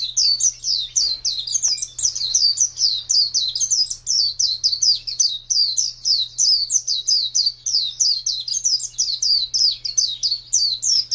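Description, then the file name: White-eye song: rapid, unbroken high twittering, notes tumbling up and down at a steady fast pace throughout, over a faint low hum. "pleci ngalas panjang"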